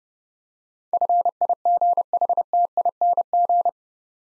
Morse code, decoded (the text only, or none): FIGHTING